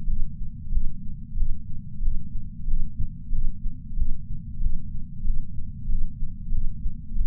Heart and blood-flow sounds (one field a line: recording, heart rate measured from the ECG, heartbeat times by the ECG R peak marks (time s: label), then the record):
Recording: heart sounds by patch sensor on the chest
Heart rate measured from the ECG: 93 bpm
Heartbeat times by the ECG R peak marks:
0.08 s: heartbeat
0.72 s: heartbeat
1.37 s: heartbeat
2.02 s: heartbeat
2.68 s: heartbeat
3.33 s: heartbeat
3.97 s: heartbeat
4.61 s: heartbeat
5.25 s: heartbeat
5.89 s: heartbeat
6.52 s: heartbeat
7.16 s: heartbeat
From the record:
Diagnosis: coronary artery disease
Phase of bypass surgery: preoperative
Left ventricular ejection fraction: 64.4%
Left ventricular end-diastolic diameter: 43 mm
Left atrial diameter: 35 mm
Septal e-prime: 6.9 cm/s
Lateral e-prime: 11.4 cm/s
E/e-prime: 9.7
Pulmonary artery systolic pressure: 22 mmHg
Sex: female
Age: 58 years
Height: 155 cm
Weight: 55 kg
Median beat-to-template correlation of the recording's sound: 0.95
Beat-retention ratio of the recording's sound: 0.99